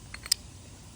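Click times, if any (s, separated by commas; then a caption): 0.3 s. A carbon synchro ring for a Focus ST MMT6 transmission is pulled off its gear hub, twisted back on and pushed until it clicks home again. Two faint ticks at 0.1 and 0.3 s lead to one sharp, bright click at 0.3 s, and the ring is seated.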